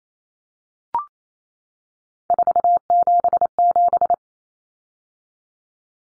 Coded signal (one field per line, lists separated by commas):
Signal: Morse code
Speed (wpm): 28 wpm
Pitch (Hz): 700 Hz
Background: none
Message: 477